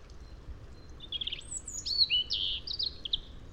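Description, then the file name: European robin song: a soft, quiet lead-in followed by a bright, tumbling phrase of high sliding whistles and twitters, lasting about two seconds. "Erithacus rubecula"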